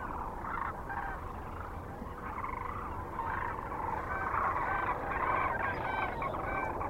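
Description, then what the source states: Many sandhill cranes give rolling, trilled calls at once, a thick unbroken chorus that builds gradually toward the end. Kearney, Nebraska, 9 March 2004.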